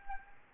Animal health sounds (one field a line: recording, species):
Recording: mosquito wingbeat signal from an infrared sensor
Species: Anopheles arabiensis